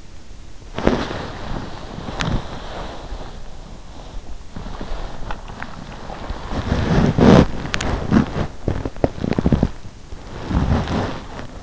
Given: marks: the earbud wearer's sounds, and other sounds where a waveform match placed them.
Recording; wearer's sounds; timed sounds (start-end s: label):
sounds in sleep by an in-ear microphone; body movement, teeth grinding
0.15-11.63 s: body movement
8.76-9.15 s: teeth grinding